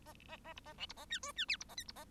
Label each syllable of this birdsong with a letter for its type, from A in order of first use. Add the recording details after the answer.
A A A B A C B A D E D F B A G B A. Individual Bird1